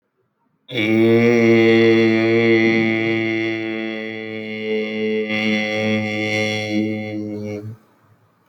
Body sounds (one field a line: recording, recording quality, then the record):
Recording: sustained vowel as in made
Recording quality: excellent, no background noise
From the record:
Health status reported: recovered from COVID-19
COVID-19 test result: positive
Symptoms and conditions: none ticked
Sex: male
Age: 22 years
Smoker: not ticked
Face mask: not worn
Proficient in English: yes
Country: India